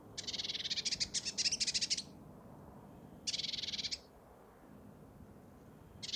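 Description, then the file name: Great tit with a long two-second churr of rapid harsh pulses, then a shorter burst, and a third starting at the end. "Parus major"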